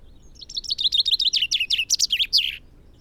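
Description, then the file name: Common chaffinch delivering one lively song phrase: a quick series of descending chirps, then a few louder notes and a clipped, emphatic ending. "Fringilla coelebs"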